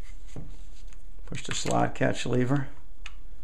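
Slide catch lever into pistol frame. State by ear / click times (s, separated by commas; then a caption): not seated / none. During reassembly of a Sig SP2022 pistol, the slide catch lever is about to be pushed back into the frame while someone talks. Faint handling sounds are heard, including a brief sharp tick near the end. Nothing has seated or clicked yet.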